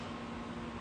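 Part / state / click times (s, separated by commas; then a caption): retaining ring into shaft groove of compressor gearbox / not seated / none. A retaining ring (circlip) is handled on the shaft of an Atlas Copco ZR5 compressor gearbox during gearbox assembly, ready to go into its groove. Only a steady broadband hum with a faint low tone is heard, with no sharp sounds. Nothing has seated or clicked yet.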